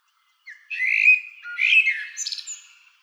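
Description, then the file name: Common blackbird song phrase: a warbled, mellow low section followed by higher squeaky twittering notes, lasting about two and a half seconds. "Merle noir Chant"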